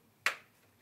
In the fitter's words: you'll hear with this particular helmet a good audible click